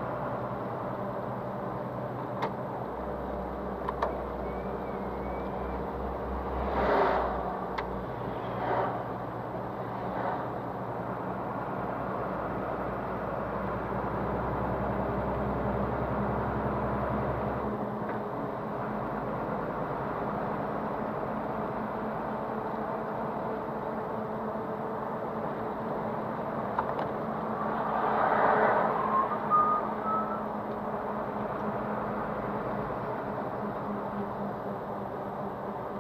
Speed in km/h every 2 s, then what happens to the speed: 43, 44, 44, 42, 41, 42, 43, 44, 46, 46, 47, 47, 48, 47, 47, 46, 45, 44.
0-25 steady at about 44.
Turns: none.